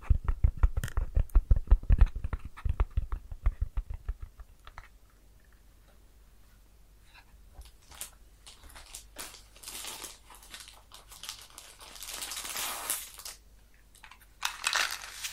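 A match strikes up close and burns with fire crackles and sizzles. The first four seconds hold dense, rapid, low crackling pops; after that the flame turns quieter, with scattered bright ticks and a hissing sizzle swelling around twelve seconds and again near the end.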